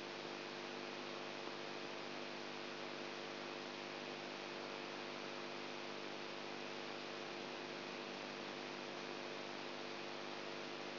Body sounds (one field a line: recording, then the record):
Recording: brain microelectrode recording played as sound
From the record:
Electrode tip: outside the subthalamic nucleus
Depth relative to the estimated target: -3 mm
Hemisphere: right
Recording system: AlphaMap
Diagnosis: Parkinson's disease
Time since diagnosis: 20 years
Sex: female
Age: 64 years